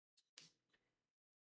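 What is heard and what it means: After an earlier failed attempt, a plastic Lego toy brick piece from the Arkham Asylum set (bag 18) is pressed onto the brick model again. A faint click near 0.2 s is followed by a sharp snap at 0.4 s that fades out by about 1.1 s. The piece clips home and is seated.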